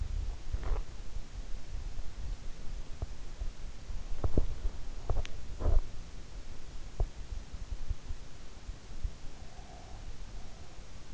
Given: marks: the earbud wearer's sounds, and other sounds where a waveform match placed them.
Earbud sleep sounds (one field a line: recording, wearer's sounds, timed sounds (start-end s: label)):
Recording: sounds in sleep by an in-ear microphone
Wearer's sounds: teeth grinding, breath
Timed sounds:
0.00-1.39 s: teeth grinding
4.27-8.27 s: teeth grinding
8.92-11.14 s: breath